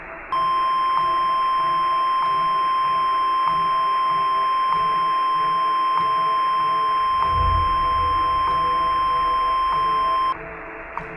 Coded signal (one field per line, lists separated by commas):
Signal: Emergency Alert System (SAME) tones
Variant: 1050 Hz attention tone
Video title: Dellford: REMASTERED || A Tornado EAS Scenario